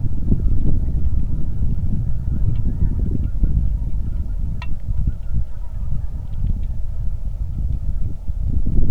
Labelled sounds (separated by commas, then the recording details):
waterfowl, loon, wind
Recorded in the Arctic National Wildlife Refuge, Alaska, on 3 August 2019 at 09:09
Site 46